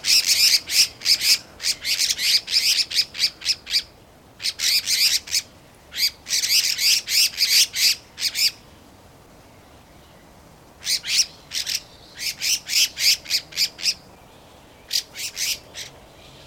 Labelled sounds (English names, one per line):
Red-faced Liocichla call